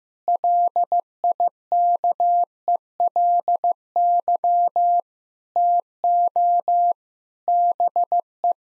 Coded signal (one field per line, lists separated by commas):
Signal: Morse code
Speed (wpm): 15 wpm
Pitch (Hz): 700 Hz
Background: none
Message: LIKELY TO BE